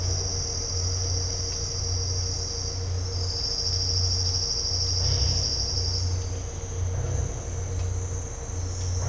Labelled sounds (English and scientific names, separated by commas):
none